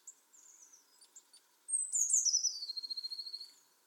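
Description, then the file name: Eurasian blue tit: soft high twitters lead into a loud phrase of piercing notes that descend into a quick, steady trill. "Cyanistes caeruleus"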